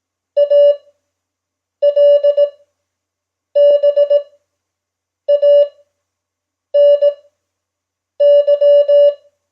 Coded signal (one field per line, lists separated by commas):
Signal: Morse code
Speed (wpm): 18 wpm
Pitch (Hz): 580 Hz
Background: none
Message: ALBANY